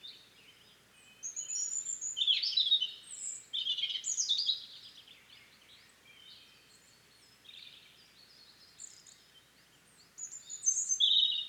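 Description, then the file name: European robin song: varied high warbled and trilled phrases in several bursts, pausing between them, with faint background hiss. "Erithacus rubecula"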